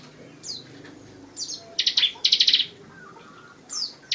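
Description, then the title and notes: Bar-winged prinia song: scattered high chirps and sharply falling slurred notes, with a short loud burst of clustered buzzy notes near the middle. Ciblek ngebren song, used as training material for White-rumped shama (murai batu). "Ciblek Ngebren Untuk Masteran Murai Batu. Suara burung ciblek"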